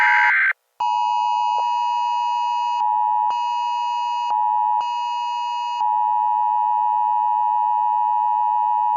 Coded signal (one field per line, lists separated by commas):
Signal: Emergency Alert System (SAME) tones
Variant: 853 and 960 Hz attention tone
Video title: Eas scenario: night of the living dead